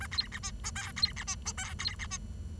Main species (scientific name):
Lonchura striata domestica